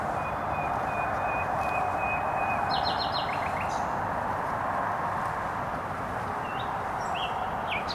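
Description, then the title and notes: Nightingale song phrases: a long thin whistle, then quick stuttering high notes, half buried under continuous heavy traffic roar. Singing in bushes beside the noisy Trasa Toruńska motorway, Bródno-Podgrodzie, Warsaw, Poland; recorded with an Olympus LS-11. "Bródno-Podgrodzie, Warszawa, Polska - Trasa Toruńska Nightingale. Recording nightingale singing in bushes close to noisy motorway"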